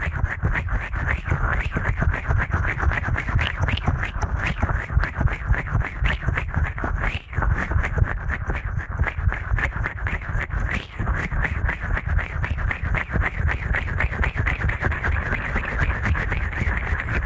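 Ear cleaning at helicopter speed: a dense, rapid, continuous scratching and rustling that barely pauses, with brief dips near seven and eleven seconds.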